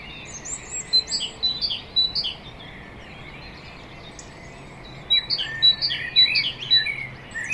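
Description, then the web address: Common blackbird calls: clusters of short, high chirps and sliding notes in two bursts, early and late, separated by a quiet stretch with a steady background hiss. "SETE data Turdus merula"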